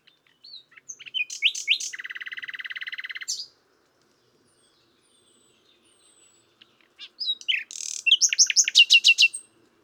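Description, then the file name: Common nightingale song: a phrase ending in a long, even rattling trill, then a quiet pause before a second phrase of loud, rapidly repeated notes. "Luscinia megarhynchos"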